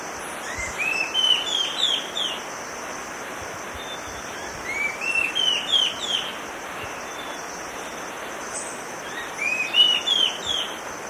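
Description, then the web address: Olivaceous woodcreeper song: three short bursts of rapid, rising, upslurred whistles, each series about a second and a half, repeated every four seconds over a constant high insect drone. Eastern lowlands of South America. "Natures Songs S America Eastern Lowlands. Olivaceous Woodcreeper"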